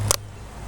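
Someone pries open the rubber sealing flap over the charging ports of a Dark Energy Poseidon waterproof power bank. A sharp click at 0.1 s rises well above a low steady hum as the tight seal lets go, and the flap pops open.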